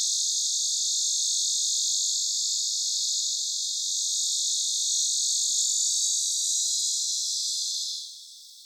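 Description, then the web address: Lyric cicada song: a steady, high, sizzling buzz that holds level for about eight seconds, then drops away abruptly into faint hiss. Subspecies virescens; recorded in Florida, US; recording filtered. "100 th meridian cicadas songs. US FL. Neotibicen lyricen virescens filtered"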